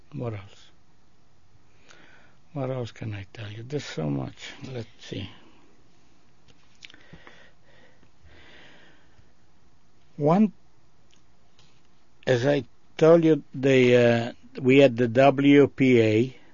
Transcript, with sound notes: What else? What else can I tell you? There's so much. Let's see. (he pauses) One, as I told you, they, we had the W.P.A.